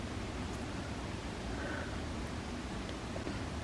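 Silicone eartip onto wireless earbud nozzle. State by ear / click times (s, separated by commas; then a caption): not seated / none. A silicone eartip of the chosen size is lined up on the nozzle of a Poly Voyager Free 60 wireless earbud before being pressed on. Only a steady, even hiss of broadband noise is heard, with no distinct handling sounds. Nothing has seated or clicked yet.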